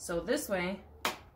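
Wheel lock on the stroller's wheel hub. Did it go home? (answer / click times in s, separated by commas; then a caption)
yes / 1.0 s. Someone talks, then the wheel lock on the hub of a Pronto One Luxury Double Stroller's wheel gives one sharp click at 1.0 s as it is turned. The lock seats and holds the wheel in place.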